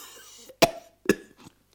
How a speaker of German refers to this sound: Du bist ein abscheulich hustendes Ungeheuer.